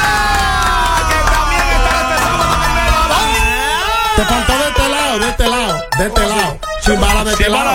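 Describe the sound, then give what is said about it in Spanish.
A loud, continuous crowd cheers and whoops on the radio show El Vacilón de la Mañana, welcoming a dembow artist, with many voices holding and sliding in pitch, and a few sharp bursts near the end. “Aplauso en el vacilón de la mañana”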